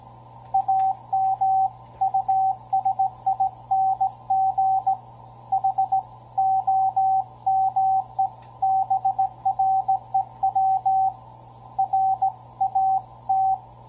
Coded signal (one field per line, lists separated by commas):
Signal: Morse code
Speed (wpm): 17 wpm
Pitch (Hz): 770 Hz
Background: radio noise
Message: AM USING HOME BREW RAT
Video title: Ten-Tec Argonaut 515, CW QSO (CC)